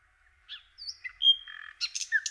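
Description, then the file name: Common nightingale song fragment: a mix of short whistles, a sustained high note and scratchy, harsher bursts, varied and unpatterned over two seconds. "Slowik rdzawy"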